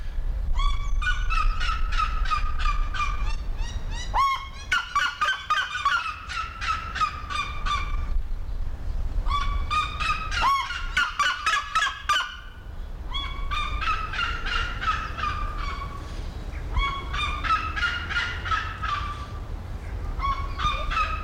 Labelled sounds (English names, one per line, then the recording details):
Black-legged Seriema call
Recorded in captivity
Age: adult
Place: Zoo Berlin, Berlin, DE
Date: 1993-01-16 11:24
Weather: heiter, 10-13°C
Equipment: Marantz CP 430, Sennheiser ME 80, Kopie Uher Variocord 263
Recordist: Tembrock, Günter